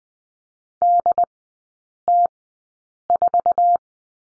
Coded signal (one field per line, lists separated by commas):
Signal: Morse code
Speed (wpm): 20 wpm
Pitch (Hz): 700 Hz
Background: none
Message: DT4